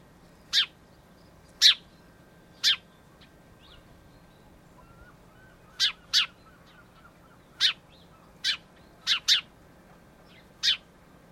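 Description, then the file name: House sparrow cheeping: bright, abrupt chirps, some doubled, arriving at irregular intervals with quiet gaps between bursts. "Passer domesticus"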